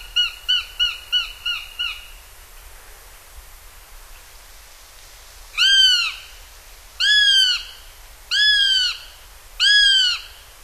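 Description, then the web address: Northern goshawk with a short burst of fast harsh kak notes, then a pause and four drawn-out, downslurred wailing calls spaced roughly a second and a half apart. "Songs of Birds of North America Stokes. Northern Goshawk"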